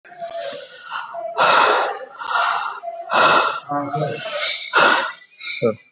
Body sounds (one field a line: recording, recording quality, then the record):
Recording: deep breathing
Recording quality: excellent, no background noise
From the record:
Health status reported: COVID-19 positive, mild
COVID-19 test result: positive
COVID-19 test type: RT-PCR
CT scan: not taken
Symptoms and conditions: none ticked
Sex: male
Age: 56 years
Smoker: no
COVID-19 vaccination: both doses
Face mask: not worn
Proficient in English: no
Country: India